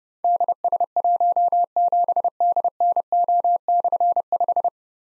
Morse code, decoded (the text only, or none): DS17DNO/5